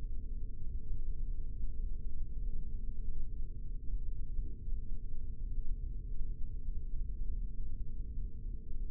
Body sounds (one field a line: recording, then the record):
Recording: forearm muscle sounds (acoustic myography)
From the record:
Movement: rest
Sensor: system 3, bracelet of six PUI Audio POM-2738L microphones around the upper forearm, with dedicated amplification and filtering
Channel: 4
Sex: male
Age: 26 years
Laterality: right